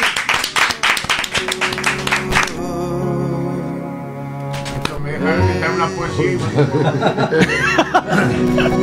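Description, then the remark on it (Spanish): A brisk burst of clapping from a crowd fills the first couple of seconds, then gives way to chuckling laughter and overlapping voices that carry on loudly to the end. “Un aplauso”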